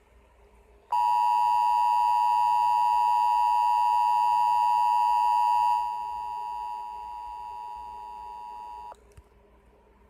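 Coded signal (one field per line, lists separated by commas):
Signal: Emergency Alert System (SAME) tones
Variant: 853 and 960 Hz attention tone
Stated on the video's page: Fictional EAS scenario of a biological and radioactive warfare warning, not real.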